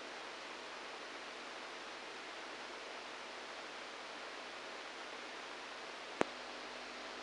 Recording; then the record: brain microelectrode recording played as sound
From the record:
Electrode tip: inside the subthalamic nucleus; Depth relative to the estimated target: -3 mm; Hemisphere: right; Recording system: NeuroSet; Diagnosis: Parkinson's disease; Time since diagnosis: 7 years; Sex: male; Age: 69 years